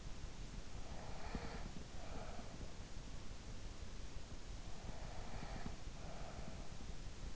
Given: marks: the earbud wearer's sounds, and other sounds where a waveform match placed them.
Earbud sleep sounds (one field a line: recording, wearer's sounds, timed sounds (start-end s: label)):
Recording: sounds in sleep by an in-ear microphone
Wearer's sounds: breath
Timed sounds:
0.29-3.55 s: breath
4.22-7.36 s: breath